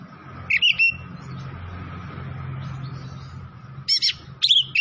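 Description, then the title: Oriental magpie-robin singing in two short bursts of sharp whistled notes separated by a long quiet gap, with a steady low hum underneath. Tretes variety, singing vigorously (gacor). "Kacer Tretes"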